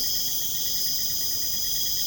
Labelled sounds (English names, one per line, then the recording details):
none
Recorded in pastures near Puerto Asís, Putumayo, Colombia, on 22 June 2025 at 22:00
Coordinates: 0.472, -76.331
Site G095